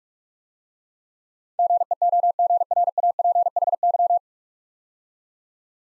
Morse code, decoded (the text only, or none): GEOGRAPHY